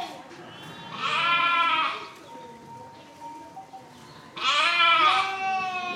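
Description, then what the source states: Lamb bleats: two drawn-out wavering calls about three seconds apart, with quieter background between them. Lambs bleating; recorded 7 April 2007.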